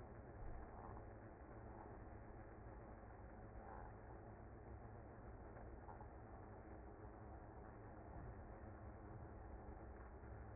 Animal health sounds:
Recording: honeybee colony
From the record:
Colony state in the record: active

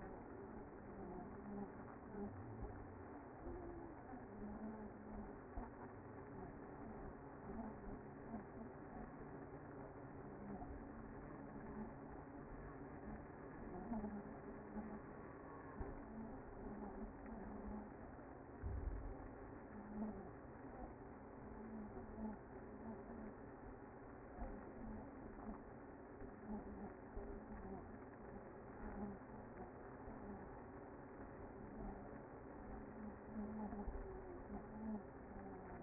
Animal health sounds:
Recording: honeybee colony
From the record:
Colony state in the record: active

